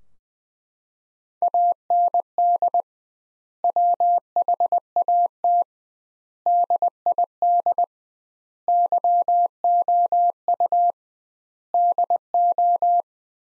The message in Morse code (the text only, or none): AND WHAT DID YOU DO